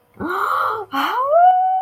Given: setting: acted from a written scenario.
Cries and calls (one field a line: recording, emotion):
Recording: vocal sound without words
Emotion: positive surprise